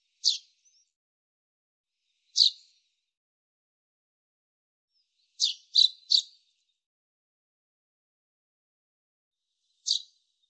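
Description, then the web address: Common chaffinch calls: short, sharp high chip notes given irregularly, including a quick run of three together, with silence between. "Deverinetal 2025 File cleaned normalized Bird Fr Co"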